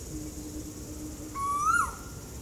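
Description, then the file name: Asian koel uttering a single rising whistle that ends in a quick downward slur, with a low steady hum and high insect drone behind it. Recorded at Ezhimala, Kannur, Kerala. "Asian Koel Eudynamys scolopaceus from Ezhimala Kannur Kerala"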